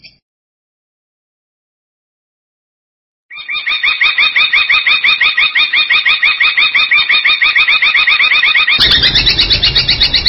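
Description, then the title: Long-tailed shrike: near-silent start, then a long-tailed shrike bursts into quick, evenly repeated bright harmonic notes, nearly three a second, turning harsher and louder near the end. Champion bird's song. "Kicau Burung Cendet Juara"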